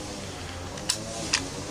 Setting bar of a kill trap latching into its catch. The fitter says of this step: put your thumbs on the setting bar and pull it back until it clicks in, and you'll hear it click.